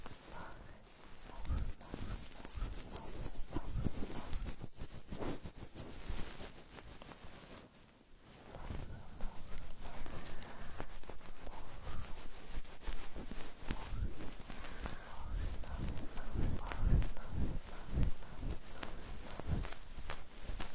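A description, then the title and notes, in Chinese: Ear cleaning with a goose-feather stick: a dense, continuous crackle of soft scratching and brushing, peppered with quick clicks and taps. The rustling stays fairly even, easing briefly around the eight-second mark before picking up again and growing slightly fuller toward the end. 鹅毛棒掏耳朵 轻语。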